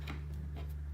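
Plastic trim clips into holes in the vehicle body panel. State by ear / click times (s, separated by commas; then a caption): not seated / none. Plastic push-in clips on a camera relocation trim piece for a 5th gen 4Runner are lined up with their holes in the vehicle body panel for a firm tap to lock them in. A few faint, soft ticks sound over a steady low hum. Nothing has seated or clicked yet.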